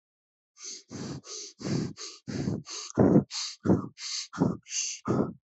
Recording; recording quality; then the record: shallow breathing; excellent, no background noise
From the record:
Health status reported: healthy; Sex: male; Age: 35 years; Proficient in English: yes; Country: India